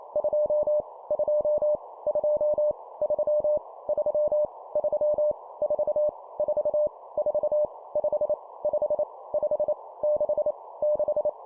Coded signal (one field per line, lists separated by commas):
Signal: Morse code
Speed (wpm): 28 wpm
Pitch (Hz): 600 Hz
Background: none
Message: 2 2 2 3 3 3 4 4 4 5 5 5 6 6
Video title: 25wpm Repeat three times Number, CW morse code Copy Speed improvement